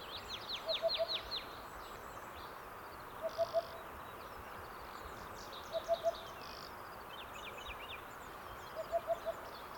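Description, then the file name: Cuckoo uttering quick triplets of soft, even notes roughly every two and a half seconds, with brief sharp chirps and trills from other birds. "minutes of cuckoos"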